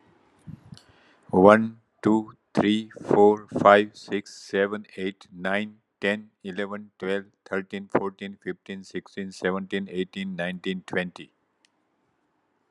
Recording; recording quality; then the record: counting at a normal pace; excellent, no background noise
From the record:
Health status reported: healthy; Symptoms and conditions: hypertension, diabetes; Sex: male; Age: 65 years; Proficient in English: yes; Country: India